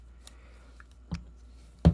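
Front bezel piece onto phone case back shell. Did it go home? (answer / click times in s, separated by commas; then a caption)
yes / 1.8 s. The front bezel piece of a Spigen 360 Fit case for an iPhone 11 Max Pro is pressed onto the phone and the back shell, with faint ticks at about 0.3, 0.8 and 1.2 s. The plastic clips engage with a loud click at 1.9 s, and the front frame is seated.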